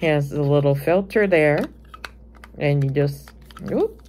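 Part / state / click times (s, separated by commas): small cover/filter piece on a USB-rechargeable gadget / not seated / none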